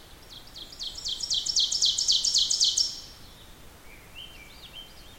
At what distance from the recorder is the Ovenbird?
about 20 m